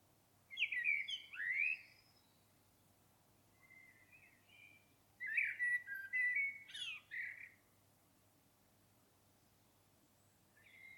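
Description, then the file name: Common blackbird singing a fluty, descending phrase, a soft warbled passage, then a louder phrase with a sharp, high squeak. The background is otherwise quiet. "Turdus merula"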